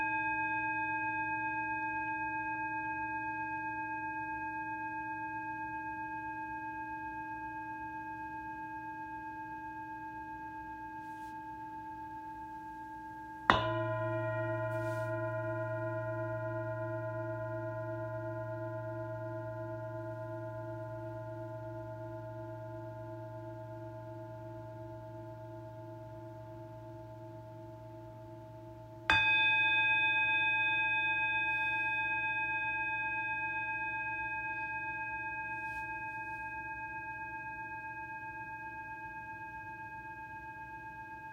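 Singing bowl music: a metal bowl is struck three times, near the start, at about 13 seconds and at about 29 seconds. Each strike leaves a long, steady ringing tone with a low hum and clear bright overtones that slowly fade before the next strike.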